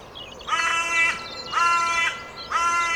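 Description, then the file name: Carrion crow calling three drawn-out, hoarse caws in quick succession, each rough and nasal. "Corvus corone"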